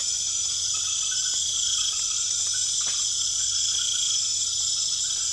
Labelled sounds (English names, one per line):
none